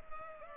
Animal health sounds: mosquito wingbeat signal from an infrared sensor; Culex pipiens

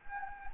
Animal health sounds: mosquito wingbeat signal from an infrared sensor; Anopheles gambiae

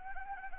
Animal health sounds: mosquito wingbeat signal from an infrared sensor; Anopheles arabiensis

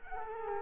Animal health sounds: mosquito wingbeat signal from an infrared sensor; Culex quinquefasciatus

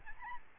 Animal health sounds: mosquito wingbeat signal from an infrared sensor; Aedes albopictus

